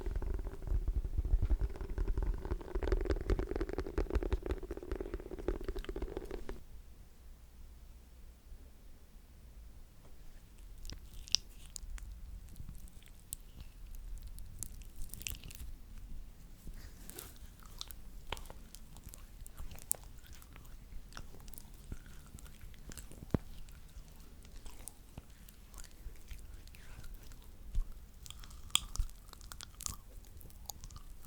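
Unpredictable hand sounds, opening with about six seconds of dense, rough rubbing with a low hum beneath. After it cuts off, scattered sharp clicks, taps and soft scrapes follow at irregular moments over a quiet, faint background, with a few louder snaps near the end.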